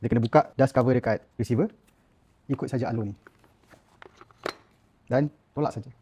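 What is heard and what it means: Someone talks while the dust cover on the battery receiver of a WISELD GT3 4WD electric wagon is opened and a battery pack is guided toward the receiver. Brief handling knocks and taps are heard between about 3.4 and 4.5 seconds, between stretches of talk. Nothing has seated or clicked yet.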